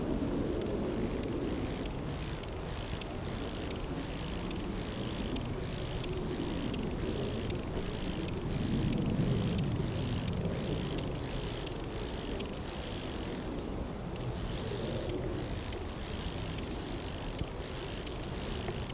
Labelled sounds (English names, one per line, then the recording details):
Steppe Grasshopper stridulation
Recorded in the wild
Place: Eutin, Holsteinische Schweiz, Schleswig-Holstein, DE
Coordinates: 54.132, 10.614
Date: 1992-09-15 11:56
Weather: wolkig-heiter, windig, 17°C, in Sonne 21,6°C
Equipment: Marantz CP 430, Sennheiser ME 80, Kopie Tesla B 116
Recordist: Tembrock, Günter